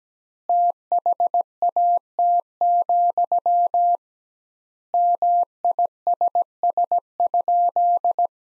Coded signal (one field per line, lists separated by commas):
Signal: Morse code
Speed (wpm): 17 wpm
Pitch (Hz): 700 Hz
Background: none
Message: THAT, MISS?